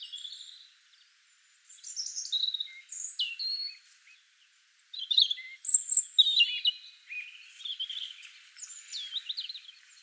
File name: Erithacus rubecula